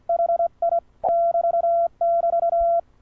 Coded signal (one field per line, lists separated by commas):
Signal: Morse code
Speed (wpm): 23 wpm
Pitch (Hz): 680 Hz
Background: none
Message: HI <BT><BT>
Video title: KJ3M /QRP